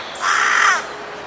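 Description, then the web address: Bird giving one hoarse, crow-like caw about half a second long. "cianscape. Deverinetal 2025. Bird Only"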